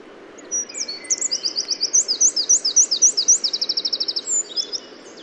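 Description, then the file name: Eurasian wren song: a loud, very high, rapid outpouring of sharp notes and fast rattling trills lasting about four seconds. "Troglodytes troglodytes"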